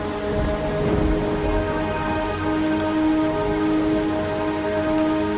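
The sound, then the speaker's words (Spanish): Steady rain pours down at the village of Tres Reyes in a dense, continuous hiss, with drops pattering on a surface and a low rumbling undertone. No voices are heard. “Y llovió.”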